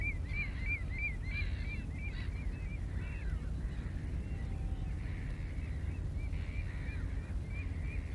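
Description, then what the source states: Common redshank song, a short burst of quick looping whistled notes, then fainter scattered whistles, all over a strong low rumble. Displaying males at the start of the breeding season, building from 'Tu-Tu' calls to full 'Tudululululu' yodelling in flight with quivering bowed wings.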